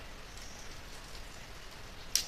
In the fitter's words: Sekarang, sampai Anda mengerti. Klik, klik. Sangat memuaskan. Begitu Anda mendengar bunyi klik itu, artinya sudah aman.